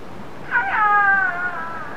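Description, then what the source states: Orca call: a single harmonic tonal call, briefly falling then held steady for about a second before fading, over low underwater noise. Transient orca.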